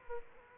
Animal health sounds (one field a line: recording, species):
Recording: mosquito wingbeat signal from an infrared sensor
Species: Aedes aegypti